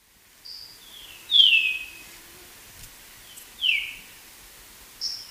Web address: Natures Songs S America Birds of Ecuador Golden-rumped Euphonia